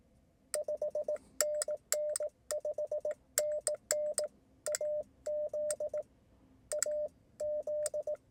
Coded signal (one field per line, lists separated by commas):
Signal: Morse code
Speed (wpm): 19 wpm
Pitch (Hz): 600 Hz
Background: none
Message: 5NN 5NN AZ AZ